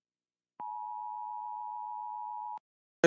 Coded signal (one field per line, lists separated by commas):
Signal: Emergency Alert System (SAME) tones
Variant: 853 and 960 Hz attention tone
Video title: Rating EAS Alarms (Part 7)